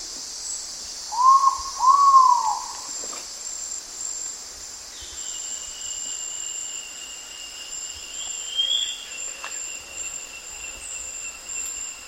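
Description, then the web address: Ivory-breasted pitta double whistle near the start, two hollow arched notes, followed by shifting insect buzzing and a faint chirp. Recorded in Indonesia. "ULM-DS-Lab indonesian-bird-sounds. Pitta maxima"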